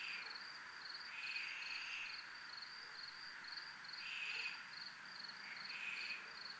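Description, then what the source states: Cricket giving a regular high pulsing chirp, joined now and then by broader rasping swells that build and fade every few seconds. Recorded in a military zone.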